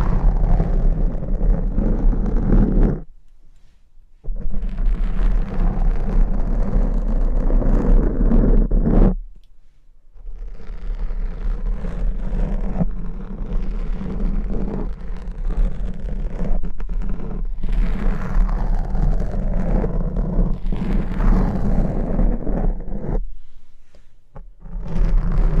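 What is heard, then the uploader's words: Dense, continuous crunchy slime squishing and scratching with a low rumble underneath, breaking off into brief silences near 3, 9 and 23 seconds. Crunchy Slime x Brain Scratching.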